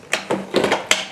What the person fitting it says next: Everything clicks into place.